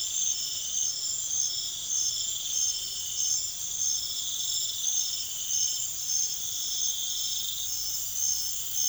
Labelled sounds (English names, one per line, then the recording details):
none
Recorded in pastures near Puerto Asís, Putumayo, Colombia, on 4 March 2025 at 00:30
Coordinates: 0.487, -76.322
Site G077